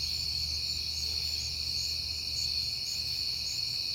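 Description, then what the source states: Crickets singing a steady, unbroken high trilling chorus throughout, with a low humming rumble beneath. Crickets recorded at night in September on a peaceful night, after being heard often that month.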